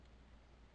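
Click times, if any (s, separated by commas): none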